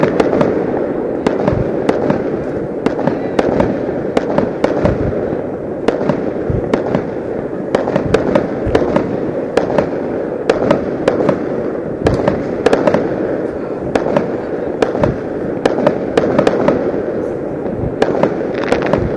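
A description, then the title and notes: Fireworks pop and crackle continuously over open water, dense sharp bursts arriving every second or two above a steady low rumble and faint voices. Fireworks Audio From Tuttle Lake. I was at a family cottage at Tuttle Lake in Wisconsin. Each 4th of July weekend, there is a sizable private fireworks display put on by some cottage owners at the lake. Sounds of fireworks over open water. In this audio you can hear the lingering echos of the explosions. Explosions and yells.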